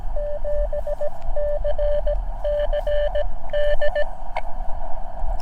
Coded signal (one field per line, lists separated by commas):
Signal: Morse code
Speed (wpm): 17 wpm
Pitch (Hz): 590 Hz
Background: radio noise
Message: 7CCD